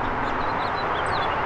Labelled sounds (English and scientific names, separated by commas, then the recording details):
House Finch (Haemorhous mexicanus) song
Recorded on Long Island, New York, on 14 June 2012
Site CH
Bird A